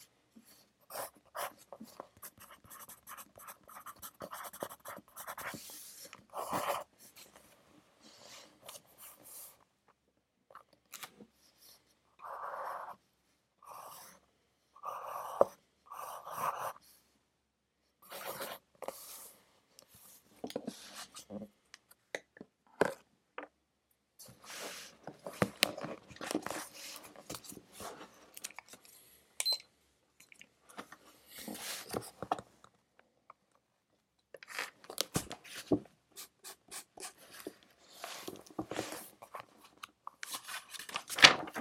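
A pencil moves across paper in a quiet room, with bursts of scratchy strokes and short taps separated by silences. The writing comes in irregular clusters, some brief louder marks near the middle and end, crisp against a faint hiss.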